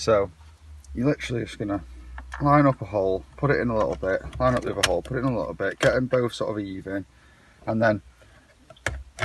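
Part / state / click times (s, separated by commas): radio removal keys into car radio head unit / seated / 8.9 s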